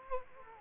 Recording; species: mosquito wingbeat signal from an infrared sensor; Culex quinquefasciatus